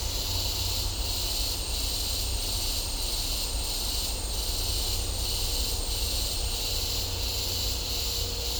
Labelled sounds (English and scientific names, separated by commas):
none